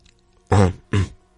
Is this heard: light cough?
yes